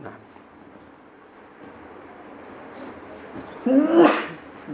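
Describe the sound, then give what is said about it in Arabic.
A single loud, explosive sneeze bursts out near the end, following several seconds of low, steady background noise. “يرحمكم الله.”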